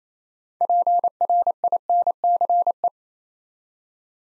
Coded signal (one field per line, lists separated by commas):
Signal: Morse code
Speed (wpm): 28 wpm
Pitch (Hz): 700 Hz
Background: none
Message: PRINCE